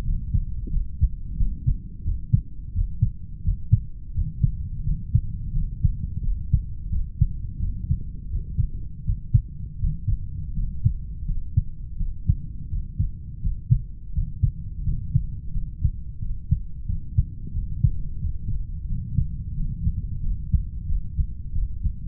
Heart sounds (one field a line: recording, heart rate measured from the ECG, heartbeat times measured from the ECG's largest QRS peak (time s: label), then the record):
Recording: heart sounds by stethoscope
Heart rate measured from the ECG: 87 bpm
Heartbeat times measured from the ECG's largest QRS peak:
0.02 s: heartbeat
0.69 s: heartbeat
1.36 s: heartbeat
2.03 s: heartbeat
2.72 s: heartbeat
3.42 s: heartbeat
4.13 s: heartbeat
4.83 s: heartbeat
5.51 s: heartbeat
6.20 s: heartbeat
6.89 s: heartbeat
7.58 s: heartbeat
8.29 s: heartbeat
9.03 s: heartbeat
9.78 s: heartbeat
10.53 s: heartbeat
11.25 s: heartbeat
11.96 s: heartbeat
12.68 s: heartbeat
13.40 s: heartbeat
14.12 s: heartbeat
14.82 s: heartbeat
15.51 s: heartbeat
16.18 s: heartbeat
16.85 s: heartbeat
17.52 s: heartbeat
18.18 s: heartbeat
18.86 s: heartbeat
19.53 s: heartbeat
20.19 s: heartbeat
20.85 s: heartbeat
21.51 s: heartbeat
From the record:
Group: heart failure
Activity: rest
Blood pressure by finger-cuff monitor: 84/45 mmHg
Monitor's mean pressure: 53 mmHg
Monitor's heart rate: 87 bpm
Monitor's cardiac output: 7.7 L/min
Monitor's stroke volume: 90 mL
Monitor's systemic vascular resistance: 480 dyn s/cm5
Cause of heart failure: idiopathic cardiomyopathy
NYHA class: 2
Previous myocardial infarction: absent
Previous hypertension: absent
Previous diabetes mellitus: absent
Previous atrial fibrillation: present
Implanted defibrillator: present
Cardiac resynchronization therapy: present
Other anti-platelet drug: absent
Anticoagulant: warfarin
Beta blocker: metoprolol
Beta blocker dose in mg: 50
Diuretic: furosemide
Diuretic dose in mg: 40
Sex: male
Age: 62 years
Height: 184 cm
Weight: 101 kg